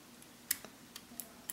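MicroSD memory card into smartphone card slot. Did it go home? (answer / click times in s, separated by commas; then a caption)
yes / 0.5 s. A small plastic microSD memory card is pushed into the card slot of a Samsung Galaxy S5 phone, giving a sharp click at 0.5 s as it latches. Fainter ticks follow around 0.7, 1.0, 1.2 and 1.5 s. The card is seated.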